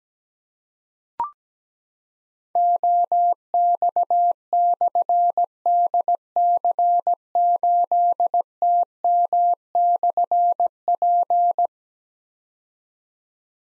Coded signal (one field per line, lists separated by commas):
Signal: Morse code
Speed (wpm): 17 wpm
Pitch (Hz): 700 Hz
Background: none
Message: OX/DC8TM/P